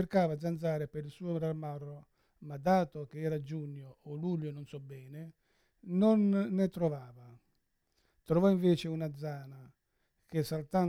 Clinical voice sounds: read passage; Italian; male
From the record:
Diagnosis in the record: Parkinson's disease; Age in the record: 71 years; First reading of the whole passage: 60 s, 8.7 characters per second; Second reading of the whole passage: 57 s, 9.1 characters per second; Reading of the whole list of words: 54 s, 5.3 characters per second

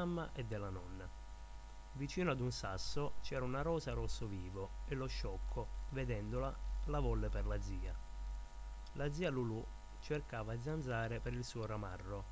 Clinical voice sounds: read passage; Italian; male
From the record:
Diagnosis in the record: healthy control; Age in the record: 21 years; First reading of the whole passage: 51 s, 10.2 characters per second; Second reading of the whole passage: 47 s, 11.0 characters per second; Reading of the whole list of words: 60 s, 4.7 characters per second

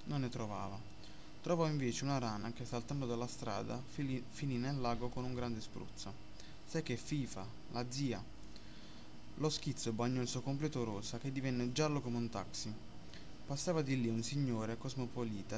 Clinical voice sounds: read passage; Italian; male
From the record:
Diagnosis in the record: healthy control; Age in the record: 20 years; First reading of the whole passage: 46 s, 11.2 characters per second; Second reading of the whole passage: 43 s, 12.0 characters per second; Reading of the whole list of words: 38 s, 7.5 characters per second

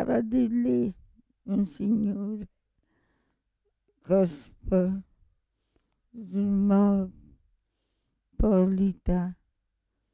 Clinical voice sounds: read passage; Italian; female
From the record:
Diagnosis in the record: Parkinson's disease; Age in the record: 65 years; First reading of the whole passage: 242 s, 2.1 characters per second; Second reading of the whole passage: 180 s, 2.9 characters per second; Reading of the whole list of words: 168 s, 1.7 characters per second

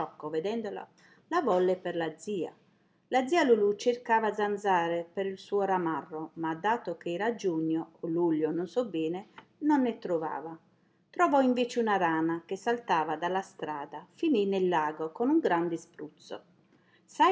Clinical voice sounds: read passage; Italian; female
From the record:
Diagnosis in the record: healthy control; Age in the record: 60 years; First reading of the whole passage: 59 s, 7.9 characters per second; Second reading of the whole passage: 55 s, 8.5 characters per second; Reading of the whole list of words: 44 s, 6.4 characters per second

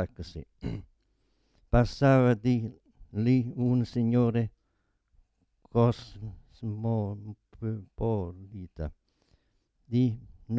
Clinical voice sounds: read passage; Italian; male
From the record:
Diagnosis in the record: Parkinson's disease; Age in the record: 72 years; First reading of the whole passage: 118 s, 4.4 characters per second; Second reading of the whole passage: 99 s, 5.2 characters per second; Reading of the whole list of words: 88 s, 3.2 characters per second

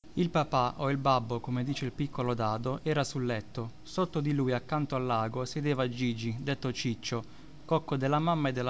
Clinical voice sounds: read passage; Italian; male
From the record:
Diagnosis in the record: healthy control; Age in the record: 29 years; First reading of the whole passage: 42 s, 12.4 characters per second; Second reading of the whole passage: 42 s, 12.2 characters per second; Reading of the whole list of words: 38 s, 7.3 characters per second

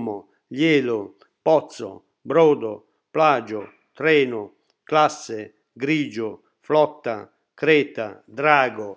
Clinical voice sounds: read list of words; Italian; male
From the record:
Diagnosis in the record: healthy control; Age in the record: 68 years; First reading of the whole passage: 60 s, 8.7 characters per second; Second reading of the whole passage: 55 s, 9.3 characters per second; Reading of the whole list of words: 43 s, 6.5 characters per second

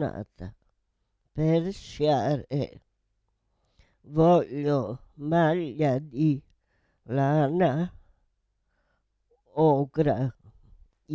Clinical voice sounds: read phrases; Italian; female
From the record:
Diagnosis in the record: Parkinson's disease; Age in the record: 78 years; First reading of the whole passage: 164 s, 3.2 characters per second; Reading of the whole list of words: 108 s, 2.6 characters per second

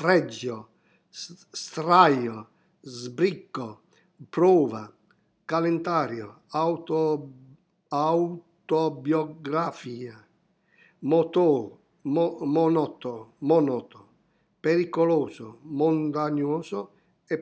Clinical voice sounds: read list of words; Italian; male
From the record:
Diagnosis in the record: healthy control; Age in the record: 70 years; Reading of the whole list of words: 64 s, 3.8 characters per second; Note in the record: marked for poor recording quality or reading difficulty

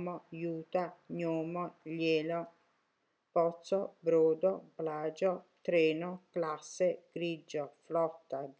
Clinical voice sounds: read list of words; Italian; female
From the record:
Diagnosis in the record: healthy control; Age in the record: 63 years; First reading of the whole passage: 70 s, 6.7 characters per second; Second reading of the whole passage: 71 s, 6.6 characters per second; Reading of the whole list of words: 45 s, 6.3 characters per second

